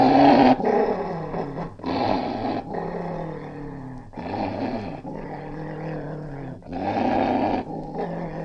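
English springer spaniel giving a sustained angry snarl and growl in loud rasping bursts broken by short gaps.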